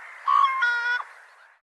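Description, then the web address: Bird giving a single call: a short clear note followed by a longer nasal, harmonic-laden tone with a brief downward ending. "Deverinetal Bird Co Co Co Co"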